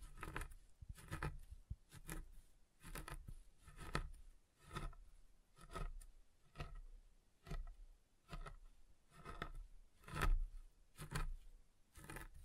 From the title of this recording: SoftHard Soap Tapping and Carving